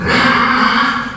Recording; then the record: squeal of a Yucatan mini pig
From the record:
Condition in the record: after surgery on the right vocal fold (resection and tissue-engineered implant); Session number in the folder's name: 15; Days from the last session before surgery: 175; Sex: female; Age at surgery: 19 weeks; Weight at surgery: 25 kg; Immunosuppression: prednisolone